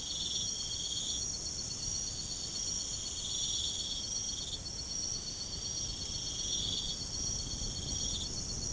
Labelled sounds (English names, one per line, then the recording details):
none
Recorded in pastures near Puerto Asís, Putumayo, Colombia, on 13 March 2025 at 03:00
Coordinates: 0.505, -76.324
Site GP08